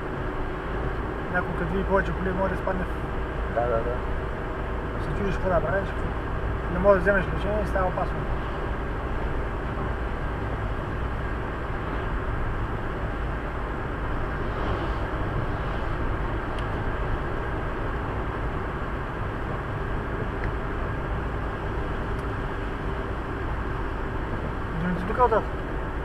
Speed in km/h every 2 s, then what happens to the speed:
90, 92, 92, 93, 94, 94, 95, 96, 94, 95, 94, 93, 91.
0-26 steady at about 94.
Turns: none.